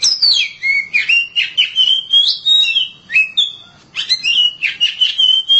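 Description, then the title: Oriental magpie-robin singing a rich, continuous run of clear whistles, slurred up and down, with one short pause. "Suara Kicauan Burung Kacer"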